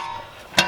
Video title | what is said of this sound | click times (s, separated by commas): Equipment Defender SureCan Gas Can Racks! Checking Out The New Trailer Racks - Unboxing + Install | let me show you guys how it works so let's lock it and | 0.6 s